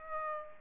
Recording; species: mosquito wingbeat signal from an infrared sensor; Aedes albopictus